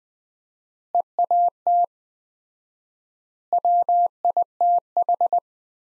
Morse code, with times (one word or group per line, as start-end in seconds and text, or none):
0.9-1.8 EAT
3.5-5.4 WITH